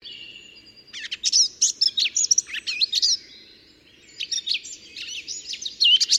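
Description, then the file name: Eurasian blackcap song: rapid bursts of varied high chattering and whistled notes, delivered in two phrases separated by a quieter gap, over a faint low hum. "Sylvia atricapilla"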